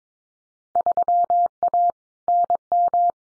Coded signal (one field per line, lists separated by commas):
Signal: Morse code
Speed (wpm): 22 wpm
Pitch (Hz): 700 Hz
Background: none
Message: 3A NM